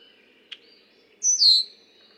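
Red-winged blackbird giving a short click followed by a loud high whistled note that slurs downward and fades.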